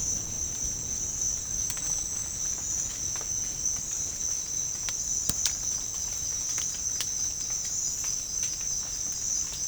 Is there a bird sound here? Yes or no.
no